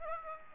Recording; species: mosquito wingbeat signal from an infrared sensor; Aedes aegypti